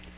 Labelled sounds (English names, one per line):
Magnolia Warbler flight call